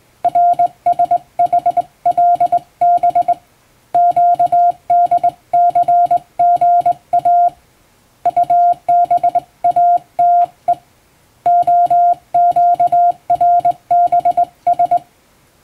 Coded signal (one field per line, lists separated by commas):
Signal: Morse code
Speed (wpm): 21 wpm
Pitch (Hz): 700 Hz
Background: music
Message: RSHLB QDCGA UBATE OQRBS